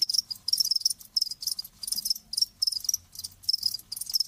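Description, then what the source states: Crickets chirping in high, bright bursts repeated steadily. Live crickets chirping in a lulling song, as a sleep sound.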